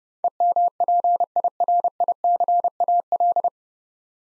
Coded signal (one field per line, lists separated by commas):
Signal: Morse code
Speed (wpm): 30 wpm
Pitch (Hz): 700 Hz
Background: none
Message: EMPIRICAL